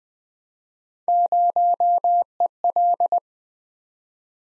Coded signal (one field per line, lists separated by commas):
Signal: Morse code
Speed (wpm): 20 wpm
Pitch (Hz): 700 Hz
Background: none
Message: 0EL